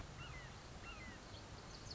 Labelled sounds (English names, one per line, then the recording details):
Red-shouldered Hawk
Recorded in Sonoma County, California